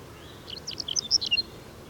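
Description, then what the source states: Whinchat song: a short burst of scratchy, varied high notes with quick chirps and trills, lasting about a second, over a quiet background. At Murnauer Moos on 7 July 2013.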